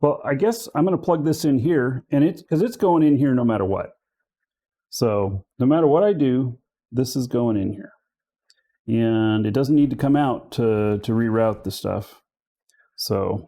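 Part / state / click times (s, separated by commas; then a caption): cable connector into a PC component socket / seated / 8.5 s. During a PC build, a cable plug is pushed into its socket on a PC component while someone talks. A short, sharp tick at 8.5 s marks the connector clicking in and seating.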